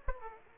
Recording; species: mosquito wingbeat signal from an infrared sensor; Aedes aegypti